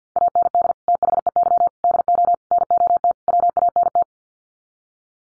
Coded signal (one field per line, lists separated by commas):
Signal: Morse code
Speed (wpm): 49 wpm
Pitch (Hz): 700 Hz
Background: none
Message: AND THEY DO NOT WANT